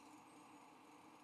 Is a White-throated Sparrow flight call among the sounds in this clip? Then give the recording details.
no. No flight call is heard. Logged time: 02:50 on 5 December 2014